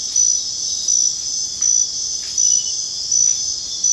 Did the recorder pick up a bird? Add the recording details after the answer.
no. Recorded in secondary vegetation near Puerto Asís, Putumayo, Colombia, on 22 June 2025 at 22:00. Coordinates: 0.484, -76.319. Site G074